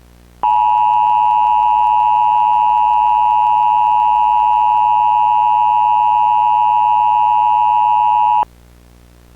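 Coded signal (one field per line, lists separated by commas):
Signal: Emergency Alert System (SAME) tones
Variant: 853 and 960 Hz attention tone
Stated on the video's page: Recreation of an Amber Alert with valid EAS tones, with a VHS effect applied.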